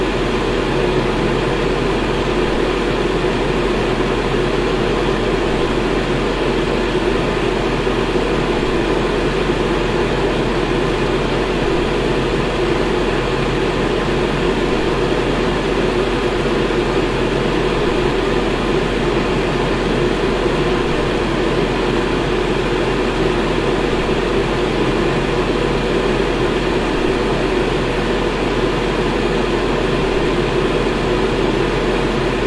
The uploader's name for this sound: Fan